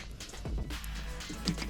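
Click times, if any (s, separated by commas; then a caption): none. A wire circlip is handled and pressed toward the groove of the piston pin bore to retain the steel wrist pin during a full rebuild of a Piaggio Hexagon 180cc scooter engine, with music in the background. Brief sharp handling sounds occur at about 0.9 s and 1.5 s, but nothing has seated or clicked yet.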